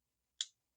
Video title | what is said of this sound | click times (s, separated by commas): Leatherman Raptor Shears | locks into place with a liner lock here | 0.4 s